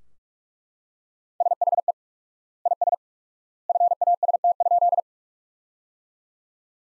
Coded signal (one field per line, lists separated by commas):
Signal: Morse code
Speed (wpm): 42 wpm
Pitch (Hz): 700 Hz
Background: none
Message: SHE IS FAST?